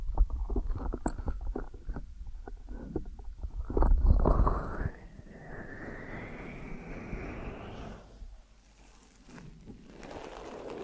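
Ear massage sounds with dense rubbing and tapping for five seconds, then a rising squeaky slide and softer brushing that fades and returns near the end.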